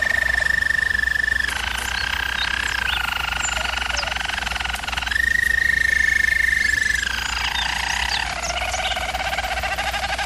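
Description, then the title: German Roller canary song: long, steady rolling trills held on one pitch, stepping lower, then rising back to the first level, with a faint constant hum beneath. Canary training recording of a German Roller canary singing. "German Roller Canary Singing - Canary Training Vid"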